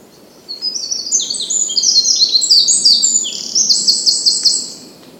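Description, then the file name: Eurasian wren song: a vigorous burst of very high, quick, tinkling notes and rattling trills lasting about four and a half seconds. "Troglodytes troglodytes"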